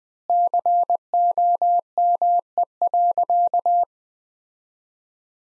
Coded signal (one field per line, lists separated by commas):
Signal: Morse code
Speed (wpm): 21 wpm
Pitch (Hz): 700 Hz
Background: none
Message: COME.